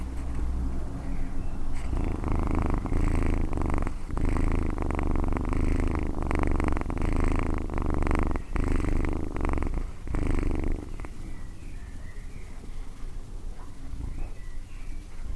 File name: Cat